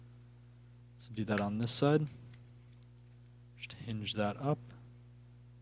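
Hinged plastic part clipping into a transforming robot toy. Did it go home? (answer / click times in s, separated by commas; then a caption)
no / none. Someone talks while hinging up a plastic part on the other side of a Transformers Legacy HasLab Victory Saber transforming robot toy, with a few faint, brief ticks between the words. The part has been handled but nothing has seated or clicked into place yet.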